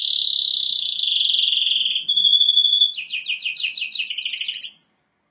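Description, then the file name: Canary song: a long smooth rolling trill for two seconds, a steady pure whistle, then rapid chopped trill notes ending abruptly. "Canary Voice"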